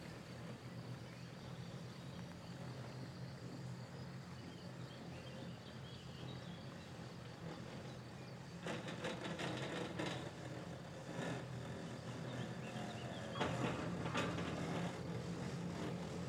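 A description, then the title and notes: A chair lift runs with a steady low mechanical hum and a faint whine. Around nine seconds, clattering and rattling begin in bursts, growing louder near thirteen to fourteen seconds as the machinery passes, with a higher tone appearing afterward. Chair lift to the Wolzenalp, Switzerland. The slow journey from the valley to the mountain.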